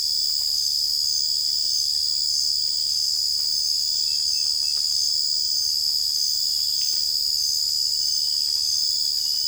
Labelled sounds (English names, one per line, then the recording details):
none
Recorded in secondary vegetation near Puerto Asís, Putumayo, Colombia, on 26 December 2024 at 03:00
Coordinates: 0.484, -76.319
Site GP06